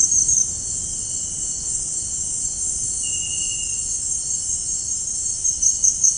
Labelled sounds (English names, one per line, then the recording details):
none
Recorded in dense forest near Puerto Asís, Putumayo, Colombia, on 25 June 2025 at 18:00
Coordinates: 0.481, -76.323
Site G072